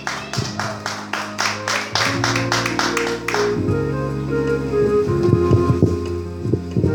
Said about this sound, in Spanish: Así que quiero darle otro aplauso a Jesucristo.